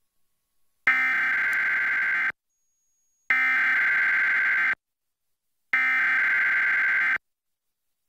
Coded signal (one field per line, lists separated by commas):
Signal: Emergency Alert System (SAME) tones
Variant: header bursts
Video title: EAS Required Monthly Test [5/7/2024]